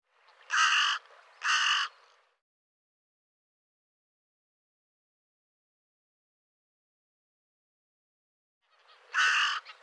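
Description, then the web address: Bird giving two harsh, rasping calls close together, a long quiet spell, then a single call. "cianscape birddata Deverinetal 2025"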